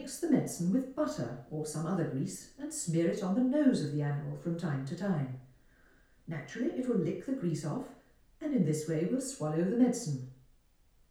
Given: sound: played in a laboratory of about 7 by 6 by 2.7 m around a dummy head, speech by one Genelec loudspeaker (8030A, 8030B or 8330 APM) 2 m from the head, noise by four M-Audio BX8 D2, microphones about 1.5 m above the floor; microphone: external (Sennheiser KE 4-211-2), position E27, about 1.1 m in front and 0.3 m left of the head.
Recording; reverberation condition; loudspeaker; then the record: female speech in English; medium; behind (180 degrees)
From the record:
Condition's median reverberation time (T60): about 510 ms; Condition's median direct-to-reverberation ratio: about -0.5 dB